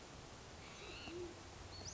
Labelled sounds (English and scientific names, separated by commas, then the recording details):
Band-tailed Pigeon (Patagioenas fasciata)
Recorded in Sonoma County, California